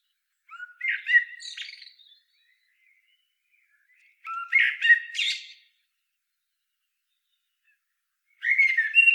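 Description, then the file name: Eurasian blackbird singing three separate phrases about four seconds apart in a quiet background, the first two fluty warbles with higher scratchy notes, the last cut off at the end. "Turdus merula"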